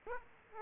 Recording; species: mosquito wingbeat signal from an infrared sensor; Aedes aegypti